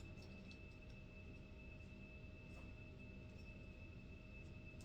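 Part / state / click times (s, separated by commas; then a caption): wire shelf corner onto plastic clip on shelving pole / not seated / none. A wire shelf corner is pushed onto the plastic sleeve clip on a shelving pole, but it fails to click into place. Only a steady low hum with faint scraping and light taps is heard. Nothing has seated or clicked yet.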